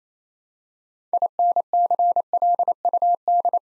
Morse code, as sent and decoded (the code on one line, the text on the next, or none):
.. -. -.-. .-.. ..- -..
INCLUD